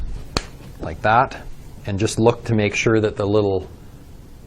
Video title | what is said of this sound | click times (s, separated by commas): pu spray foam machine | you should just hear it click in like that | 0.4 s